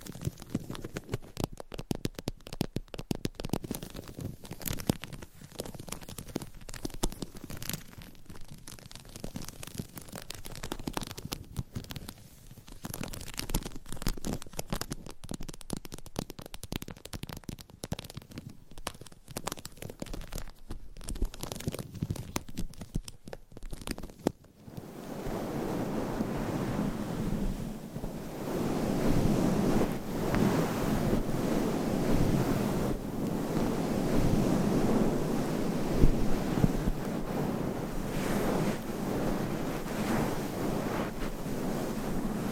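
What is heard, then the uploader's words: Scratching and tapping fill the first half with a dense, crackly run of quick clicks and scrapes over a low hum. At about 25 seconds the sound turns louder and thicker, a steady rough rustling scrape that carries on to the end. ASMR Scratching & Tapping for People Who Get Bored Easily(No Talking).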